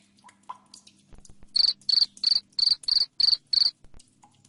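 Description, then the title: Cricket chirp series: seven bright, shrill pulses in a tight row, with soft ticks and a low faint hum before and after. Loud cricket chirping ('ngerik') played to make lovebirds sing continuously ('ngekek'). "Suara JANGKRIK NGERIK Keras Bikin LOVEBIRD Jadi NGEKEK Terus Vubey"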